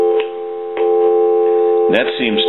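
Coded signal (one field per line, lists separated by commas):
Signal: telephone call progress tone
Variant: North America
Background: speech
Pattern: dial tone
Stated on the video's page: Initial checkout of a Spirit of St Louis Model 541 050 telephone under repair.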